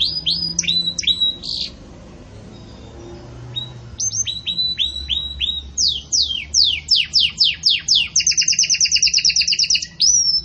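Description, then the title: Belgian canary singing high, downslurred whistled notes in short phrases, a quiet pause, then faster sweeps and a rapid rolling trill. Belgian canary breed, pure "campainha" song style with pauses, for training. "Canto Canário Belga Campainha Puro Com Pausa Para Treinamento"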